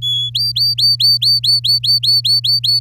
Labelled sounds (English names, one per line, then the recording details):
Domestic Canary song
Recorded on 11 May 2018 at 08:11
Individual llb16